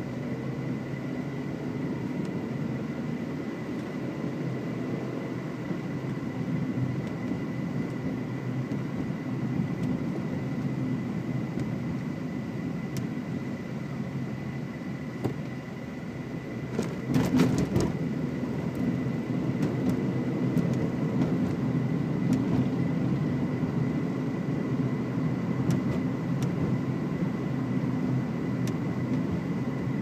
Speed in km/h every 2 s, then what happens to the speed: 24, 36, 36, 40, 39, 35, 24, 24, 31, 43, 44, 45, 45, 50, 45.
0-5 speeds up to 40. 5-12 slows to 24. 15-19 speeds up to 44. 19-30 steady at about 45.